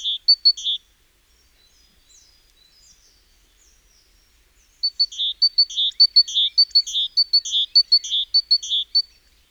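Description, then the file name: Great tit: a few sharp notes and a buzz, a pause of several seconds, then a long fast run of high ticks mixed with harsh buzzy notes. "Parus major"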